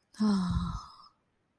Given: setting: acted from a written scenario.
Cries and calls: vocal sound without words; romantic love

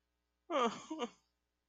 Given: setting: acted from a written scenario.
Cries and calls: vocal sound without words; distress

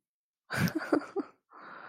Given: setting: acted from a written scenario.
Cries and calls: vocal sound without words; amusement

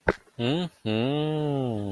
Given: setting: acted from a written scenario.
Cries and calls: vocal sound without words; desire

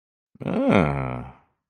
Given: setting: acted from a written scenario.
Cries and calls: vocal sound without words; interest

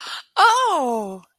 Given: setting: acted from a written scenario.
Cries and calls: vocal sound without words; elation

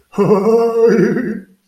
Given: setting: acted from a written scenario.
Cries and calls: vocal sound without words; fear

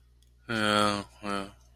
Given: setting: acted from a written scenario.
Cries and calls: vocal sound without words; sadness

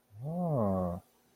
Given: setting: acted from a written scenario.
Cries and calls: vocal sound without words; interest

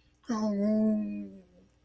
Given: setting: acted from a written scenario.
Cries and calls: vocal sound without words; sympathy

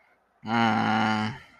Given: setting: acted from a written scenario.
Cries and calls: vocal sound without words; guilt

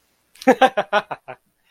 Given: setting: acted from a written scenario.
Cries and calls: vocal sound without words; amusement

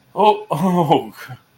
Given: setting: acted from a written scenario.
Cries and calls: vocal sound without words; embarrassment

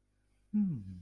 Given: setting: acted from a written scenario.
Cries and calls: vocal sound without words; realization

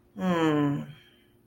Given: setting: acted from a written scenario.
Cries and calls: vocal sound without words; sympathy

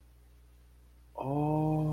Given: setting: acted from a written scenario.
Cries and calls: vocal sound without words; awe

